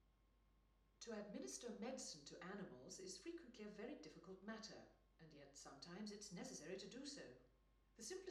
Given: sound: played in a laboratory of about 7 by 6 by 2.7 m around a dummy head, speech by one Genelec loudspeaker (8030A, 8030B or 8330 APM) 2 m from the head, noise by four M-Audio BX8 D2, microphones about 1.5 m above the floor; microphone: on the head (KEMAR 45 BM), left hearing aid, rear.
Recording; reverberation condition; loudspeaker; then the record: female speech in English; medium; 30 degrees to the left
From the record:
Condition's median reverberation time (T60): about 510 ms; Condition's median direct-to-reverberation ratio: about -0.5 dB